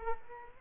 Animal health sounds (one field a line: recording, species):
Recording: mosquito wingbeat signal from an infrared sensor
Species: Culex quinquefasciatus